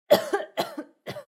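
Three short, voiced coughs from an adult woman in quick succession, each a sharp burst with a higher-pitched tail.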